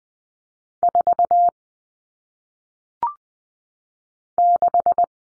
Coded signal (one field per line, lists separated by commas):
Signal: Morse code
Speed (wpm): 20 wpm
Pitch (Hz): 700 Hz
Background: none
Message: 4 6